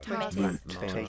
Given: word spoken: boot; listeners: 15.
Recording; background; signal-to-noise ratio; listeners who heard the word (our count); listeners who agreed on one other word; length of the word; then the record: one English word in noise, from a listening test; four-talker babble; 0.5 dB; 0 of 15; 12 of 15; 0.68 s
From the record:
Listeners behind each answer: 12, 2, 1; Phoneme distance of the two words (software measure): 10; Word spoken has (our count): 1 syllable, 3 phonemes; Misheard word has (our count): 1 syllable, 3 phonemes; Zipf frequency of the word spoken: 4.43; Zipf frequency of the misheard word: 4.13